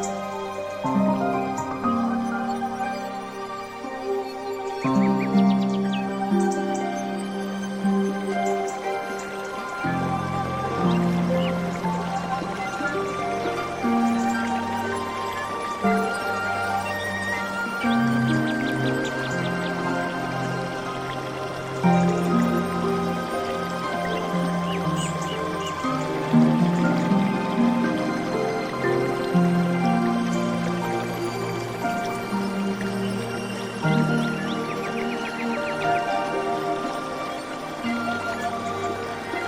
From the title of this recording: Nature Sounds, Zen Music